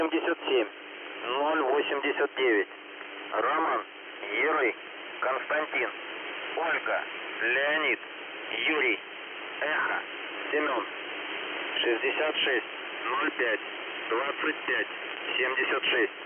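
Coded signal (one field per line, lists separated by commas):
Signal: coded military voice message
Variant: Squeaky Wheel, Russian voice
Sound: a voice reading words and numbers over a narrow, hissy radio channel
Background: radio static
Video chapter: 00:31 message in phonetic alphabet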